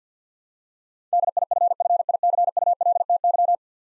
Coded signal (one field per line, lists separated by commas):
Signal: Morse code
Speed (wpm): 50 wpm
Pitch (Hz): 700 Hz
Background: none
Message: DIFFICULTY